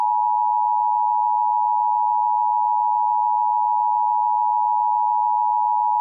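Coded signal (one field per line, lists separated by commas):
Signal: Emergency Alert System (SAME) tones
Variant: 853 and 960 Hz attention tone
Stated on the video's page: Fictional EAS scenario, not a real alert.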